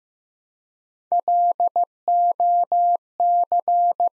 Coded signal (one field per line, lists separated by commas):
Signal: Morse code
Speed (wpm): 15 wpm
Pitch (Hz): 700 Hz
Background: none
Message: LOC